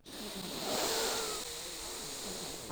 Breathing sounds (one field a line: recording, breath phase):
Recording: one breath near a microphone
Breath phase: inhalation